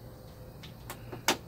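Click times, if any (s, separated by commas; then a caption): 1.3 s. A section of a Coleman pop-up camper is raised all the way and shifted back and then forward so its support latch can catch, with a softer knock at about 0.9 s. A sharp, loud knock at 1.3 s marks the latch locking into place, and the section is set.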